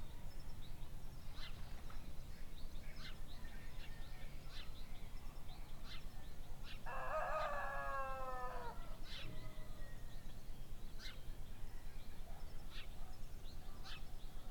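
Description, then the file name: Chicken: rooster crow, a single harsh two-second call in the middle, heard over steady low hum with frequent short bird chirps throughout. Several roosters crowing in the early morning, recorded as an ambience. "freesound Early morning roosters"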